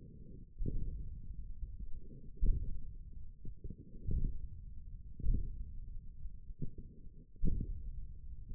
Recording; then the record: forearm muscle sounds (acoustic myography)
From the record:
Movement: hook grip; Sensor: system 1, eight BSWA MPA416 microphones around the upper forearm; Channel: 7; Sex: male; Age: 28 years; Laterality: right